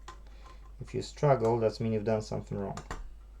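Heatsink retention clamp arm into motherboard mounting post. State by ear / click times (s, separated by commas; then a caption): not seated / none. The third arm of a metal heatsink retaining clamp is being handled over its threaded post on an Xbox One S console motherboard, with faint ticks at the start while someone talks. The clip ends before the arm is pressed home, so nothing has seated or clicked yet.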